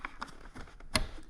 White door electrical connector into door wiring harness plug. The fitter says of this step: can you hear it click and we have our two rods I pull